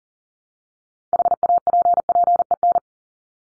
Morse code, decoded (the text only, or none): HAPPEN